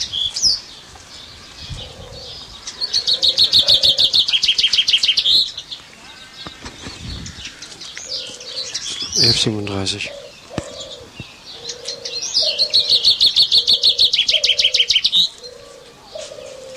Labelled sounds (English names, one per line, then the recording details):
Common Chaffinch song
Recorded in captivity
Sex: male
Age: adult
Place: Zoo Berlin, Berlin, DE
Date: 1987-07-02 11:37
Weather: sunny, 20°C
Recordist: Tembrock, Günter